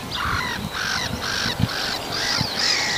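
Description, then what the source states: Black-headed gulls giving harsh, grating calls, each about half a second long and repeated steadily in a chattering series, with faint low background noise. Black-headed gulls on a field in Lohja, Finland, the same field as in earlier broadcasts; morning in early May.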